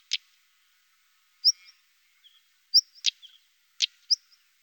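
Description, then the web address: European stonechat calls: sharp clicking ticks mixed with high thin whistles, given irregularly over several seconds in an otherwise quiet setting. "IVN Zangvogels. Roodborsttapuit"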